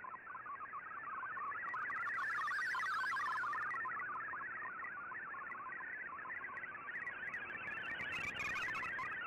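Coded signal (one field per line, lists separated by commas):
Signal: multi-tone FSK (Olivia or MFSK type)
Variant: MFSK32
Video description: Here is my decode of the Shortwave Radiogram broadcast today on 15770Khz shortwave radio at 1330UTC in MFSK32 and 64 with 10 SSTV images.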